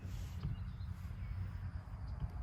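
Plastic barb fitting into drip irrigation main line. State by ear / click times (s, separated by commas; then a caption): not seated / none. A plastic barb fitting is handled near a punched hole in polyethylene drip irrigation main line, with a steady low rumble and a few faint knocks underneath. Nothing has seated or snapped into the tubing yet.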